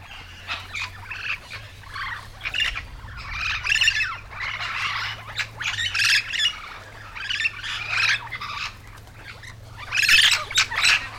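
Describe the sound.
Yellow-shouldered parrot squawks in clustered raspy bursts with short pauses between them, over a steady low hum.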